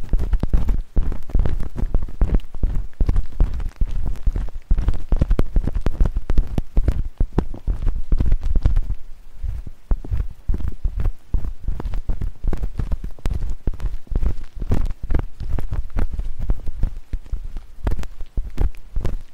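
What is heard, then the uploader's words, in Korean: A stainless ear pick scrapes and taps in dense, rapid crackling strokes with muffled low thumps, continuing steadily apart from a brief pause near nine seconds. 쇠 귀이개 귀청소 , 귀 마사지 stainless ear pick , ear massage.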